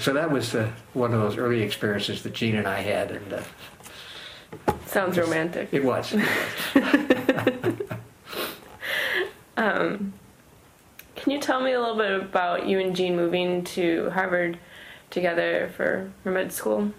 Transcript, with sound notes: And so that was one of those early experiences Jean and I had.
Sounds romantic [chuckle]
It was. [Chuckle]
Can you tell me a little bit about you and Jean moving to Harvard, together, for med school?